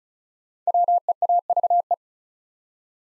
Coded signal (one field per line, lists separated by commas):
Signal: Morse code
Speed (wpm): 36 wpm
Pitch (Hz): 700 Hz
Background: none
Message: WEAVE